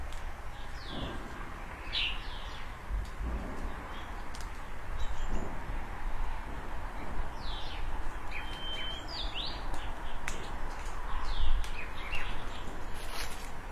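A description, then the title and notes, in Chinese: Small birds chirp and twitter in quick overlapping calls over a steady hiss, with brief sharp notes every second or two throughout. 小鸟叽叽咂咂互相嬉闹着。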